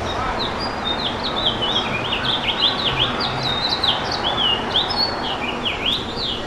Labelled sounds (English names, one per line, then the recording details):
House Finch song
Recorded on Long Island, New York, on 7 June 2012
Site GP
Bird A